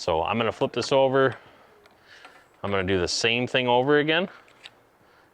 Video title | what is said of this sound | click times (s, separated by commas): How to Build Your Clam Nanook XT Thermal Shelter (Step By Step) | it click in place | 4.7 s